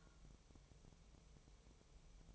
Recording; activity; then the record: daily activity, microphone in the room; take from stove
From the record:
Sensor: 1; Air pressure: 999.3 hPa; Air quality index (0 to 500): 204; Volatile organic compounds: 45 ppm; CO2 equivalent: 3227 ppm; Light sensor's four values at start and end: 9/22/8/9 and 9/21/8/9